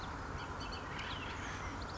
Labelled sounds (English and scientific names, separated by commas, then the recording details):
Bullock's Oriole (Icterus bullockii)
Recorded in Sonoma County, California